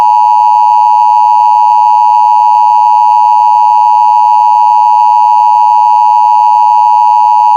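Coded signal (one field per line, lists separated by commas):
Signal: Emergency Alert System (SAME) tones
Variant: 853 and 960 Hz attention tone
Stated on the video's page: Fictional EAS scenario about riots in San Antonio.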